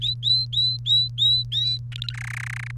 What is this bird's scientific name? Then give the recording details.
Serinus canaria. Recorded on 1 May 2018 at 10:57. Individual llb3